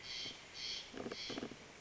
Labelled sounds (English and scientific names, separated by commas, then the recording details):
Steller's Jay (Cyanocitta stelleri)
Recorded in Sonoma County, California